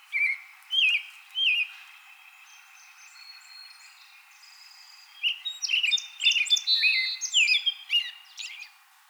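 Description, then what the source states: American robin song: three whistled phrases at the start, then after a pause a busier stretch of higher, varied phrases. Recorded 2020-04-24.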